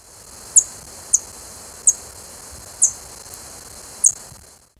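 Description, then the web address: Rainbow starfrontlet repeating brief, piercing high chips, five in all at about one-second intervals, with a soft steady hiss underneath. Ecuador. "Natures Songs S America Birds of Ecuador. Rainbow Starfrontlet"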